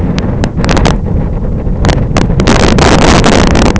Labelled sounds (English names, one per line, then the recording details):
none
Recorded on Arctic tundra, site IGLO-F, on 26 June 2018
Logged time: 08:00